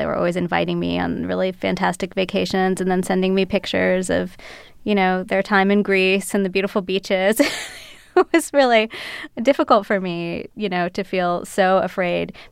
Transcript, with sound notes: They were always inviting me on really fantastic vacations and then sending me pictures of, you know, their time in Greece and the beautiful beaches. (LAUGHTER) It was really difficult for me, you know, to feel so afraid.